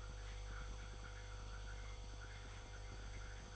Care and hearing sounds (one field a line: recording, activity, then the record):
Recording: daily activity, microphone in the room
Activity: make coffee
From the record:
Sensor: 5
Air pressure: 1004.4 hPa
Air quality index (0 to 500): 171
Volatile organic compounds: 4 ppm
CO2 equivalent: 1612 ppm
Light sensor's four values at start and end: 38/118/45/45 and 38/118/45/45